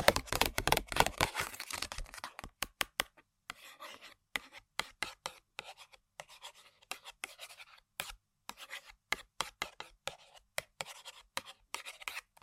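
Fingernails tap and scratch on objects, starting with a dense, fast flurry of crisp taps for the first two seconds. After that the taps come in short irregular clusters with gaps between them, each one sharp and clicky, with faint scratchy rustling underneath.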